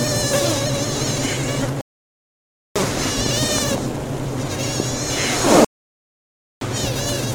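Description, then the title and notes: Bees producing a dense buzzing roar with pulsing, wavering high tones and harsh rasps, broken by two short silences. Sounds from a bee colony while it was being attacked by giant hornets. "Lyd fra bier når kolonien ble angrepet av kjempeveps. by forskningno"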